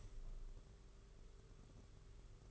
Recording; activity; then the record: daily activity, microphone in the room; open window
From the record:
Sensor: 4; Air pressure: 991.1 hPa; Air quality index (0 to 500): 153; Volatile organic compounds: 105 ppm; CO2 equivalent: 3786 ppm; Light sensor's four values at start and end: 6/14/5/6 and 6/14/5/6